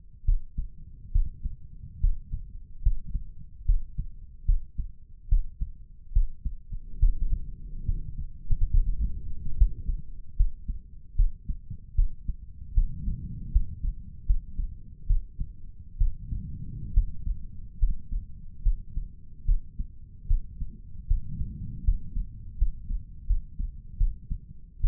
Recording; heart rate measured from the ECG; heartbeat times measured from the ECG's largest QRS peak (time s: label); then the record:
heart sounds by stethoscope; 73 bpm
0.24 s: heartbeat
1.11 s: heartbeat
2.00 s: heartbeat
2.82 s: heartbeat
3.65 s: heartbeat
4.45 s: heartbeat
5.28 s: heartbeat
6.12 s: heartbeat
6.99 s: heartbeat
7.85 s: heartbeat
8.70 s: heartbeat
9.56 s: heartbeat
10.36 s: heartbeat
11.15 s: heartbeat
11.95 s: heartbeat
12.74 s: heartbeat
13.51 s: heartbeat
14.26 s: heartbeat
15.06 s: heartbeat
15.97 s: heartbeat
16.93 s: heartbeat
17.78 s: heartbeat
18.62 s: heartbeat
19.45 s: heartbeat
20.27 s: heartbeat
21.07 s: heartbeat
21.84 s: heartbeat
22.57 s: heartbeat
23.26 s: heartbeat
23.97 s: heartbeat
24.80 s: heartbeat
From the record:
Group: healthy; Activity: rest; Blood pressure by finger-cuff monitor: 159/100 mmHg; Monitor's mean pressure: 119 mmHg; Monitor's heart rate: 72 bpm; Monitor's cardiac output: 5.5 L/min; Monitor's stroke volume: 77 mL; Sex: male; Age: 35 years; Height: 178 cm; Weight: 64 kg